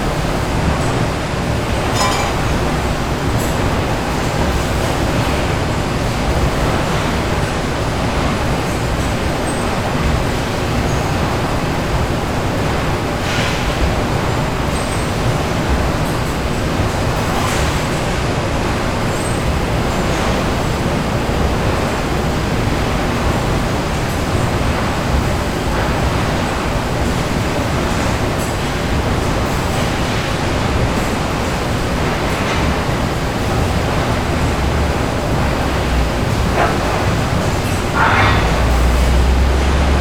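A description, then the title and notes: Heavy factory activity rumbles on without pause, a dense, loud roar weighted toward the low end with a rattling, train-like quality. Brief sharper clanks and knocks poke through every few seconds, a cluster near the end, while the overall level stays constant. Heavy Activity at the Factory.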